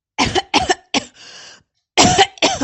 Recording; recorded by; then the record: voluntary cough; messaging app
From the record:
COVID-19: positive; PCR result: self-reported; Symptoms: yes